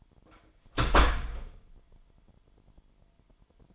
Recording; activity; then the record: daily activity, microphone in the room; close door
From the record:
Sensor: 5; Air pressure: 998.5 hPa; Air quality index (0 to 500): 81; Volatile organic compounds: 1 ppm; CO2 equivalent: 921 ppm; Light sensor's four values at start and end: 33/81/33/37 and 33/81/33/37